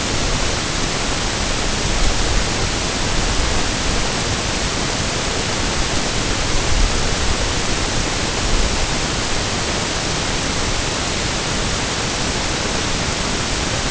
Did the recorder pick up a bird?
no